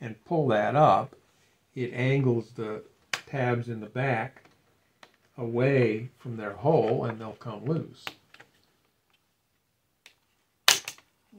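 Someone talks while the snap-in plastic display-area panel of a Vaio laptop is lifted from the display side, angling the tabs at the back out of their holes. After a few faint ticks, a very sharp, loud snap at 10.7 s marks a tab popping loose and the panel releasing.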